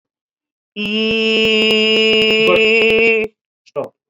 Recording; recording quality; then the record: sustained vowel as in beet; excellent, no background noise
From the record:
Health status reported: COVID-19 positive, no symptoms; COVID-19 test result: positive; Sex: female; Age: 59 years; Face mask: not worn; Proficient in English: no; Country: India